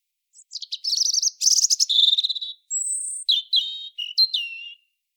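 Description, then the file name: European robin song: rapid high trills and buzzy warbles, then a thin sustained whistle and a run of quick, varied sparkling notes. "Erithacus rubecula"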